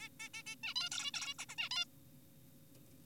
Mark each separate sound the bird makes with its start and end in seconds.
0.00-0.09, 0.20-0.29, 0.34-0.43, 0.46-0.56, 0.64-0.74, 0.76-0.89, 0.92-1.11, 1.14-1.34, 1.39-1.45, 1.49-1.55, 1.58-1.69, 1.71-1.85